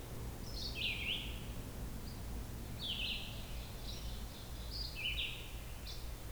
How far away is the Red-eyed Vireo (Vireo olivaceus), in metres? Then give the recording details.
about 30 m. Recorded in boreal forest in Alberta, Canada, on 16 June 2016 at 06:23. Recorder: SongMeter 3, array SBT-3-32. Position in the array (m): 44 m, 16 m